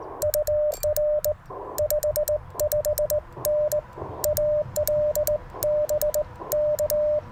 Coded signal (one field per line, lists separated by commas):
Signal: Morse code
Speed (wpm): 19 wpm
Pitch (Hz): 600 Hz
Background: radio noise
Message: UR 55N AL BK